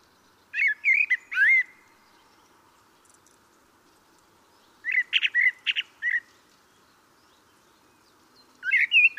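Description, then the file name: Common blackbird song in three separate bursts, fluty slurred whistles mixed with quick high twittering notes, quiet pauses of several seconds between them. "Turdus merula"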